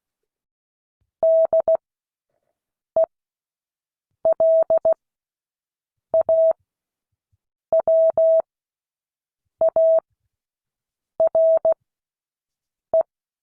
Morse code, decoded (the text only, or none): DELAWARE